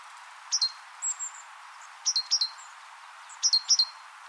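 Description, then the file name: Great tit uttering sharp, high-pitched chips in groups of two to four, with two short thin whistled notes after the first cluster, against faint background hiss. "Parus major"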